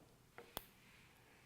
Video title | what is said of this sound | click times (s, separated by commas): For The Fallen Arlington Bracelet - Unboxing & Demo | very very small uh very quiet but now I know that that's secured | 0.6 s